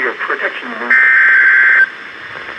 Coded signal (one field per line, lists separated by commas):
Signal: Emergency Alert System (SAME) tones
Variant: header bursts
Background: speech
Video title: Severe Thunderstorm Warning (EAS #1462)